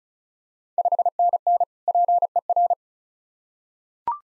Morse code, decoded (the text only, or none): 5NN PER